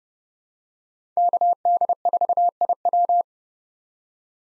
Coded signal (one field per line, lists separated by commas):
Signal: Morse code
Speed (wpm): 30 wpm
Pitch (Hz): 700 Hz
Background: none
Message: KD4IW